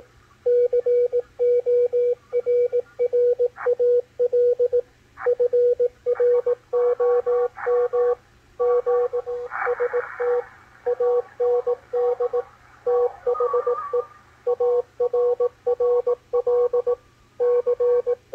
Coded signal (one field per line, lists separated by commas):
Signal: Morse code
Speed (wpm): 18 wpm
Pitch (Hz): 490 Hz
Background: radio noise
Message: CORRAL FROM G ST AND THE ARRL C